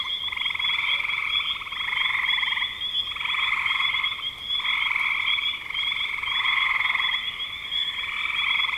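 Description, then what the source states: Frogs in chorus, buzzy pulsed trills of about a second each in repeated bursts. Frogs in spring 2025.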